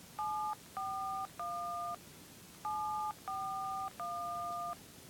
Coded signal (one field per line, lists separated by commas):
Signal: DTMF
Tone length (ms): 490 ms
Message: 741 741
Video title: (Iphone Songs Keypad Mary Had A Little Lamb